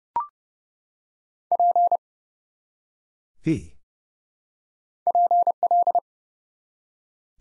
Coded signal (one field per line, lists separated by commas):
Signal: Morse code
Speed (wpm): 30 wpm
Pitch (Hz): 700 Hz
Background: none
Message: P PL